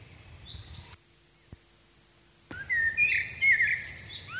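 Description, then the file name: Common blackbird heard as faint high notes at first, then near-silence, then a clear fluted, warbling phrase with scratchy high twitters. "Turdus merula"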